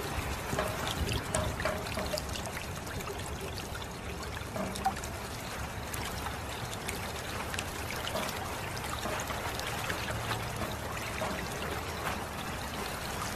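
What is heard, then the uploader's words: Water trickles and pours in a continuous, dense wash of sound that stays steady for the whole stretch. Many small splashes and drips overlap without a clear rhythm, with a few slightly brighter splashes near the two- and five-second marks. Meditation with Water Sounds.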